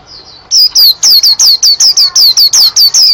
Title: Kicau Kacer